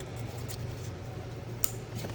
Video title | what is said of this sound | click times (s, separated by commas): How to Replace All 4 Oxygen Sensors - 2011 - 2019 Ford Explorer Fifth-Generation DIY | There we go, heard that click. | 1.6 s